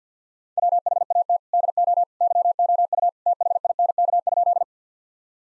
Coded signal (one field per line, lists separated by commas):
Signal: Morse code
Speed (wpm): 50 wpm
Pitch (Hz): 700 Hz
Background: none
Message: WHAT DO YOU THINK?